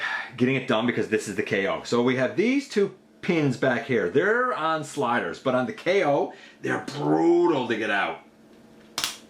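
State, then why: Released. Someone talks while forcing two plastic pins out of their sliders at the back of a KO MP Road Rage transforming robot toy, where they are very stiff and do not slide nicely. Two sharp clicks at 9.0 s and 9.0 s mark the two pins popping free and releasing.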